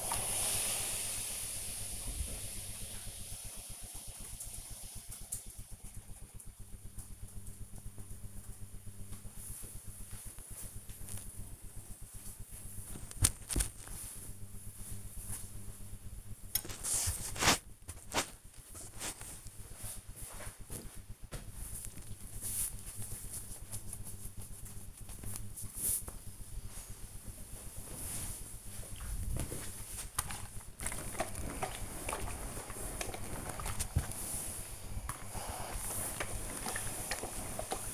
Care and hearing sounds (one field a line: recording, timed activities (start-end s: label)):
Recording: household activities, microphone on the right wrist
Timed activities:
0.00-2.04 s: ironing laundry
9.07-22.11 s: folding laundry
25.13-37.94 s: ironing laundry